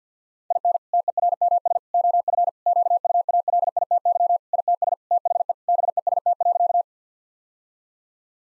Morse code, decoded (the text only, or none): IN TERMS OF QUALITY ITS THE BEST.